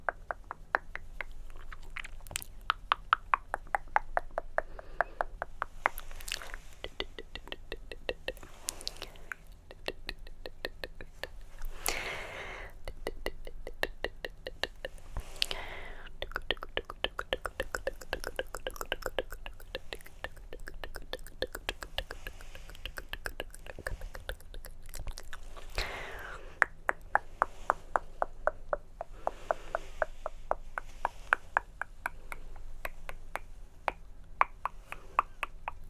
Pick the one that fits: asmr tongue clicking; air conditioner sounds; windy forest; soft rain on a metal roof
asmr tongue clicking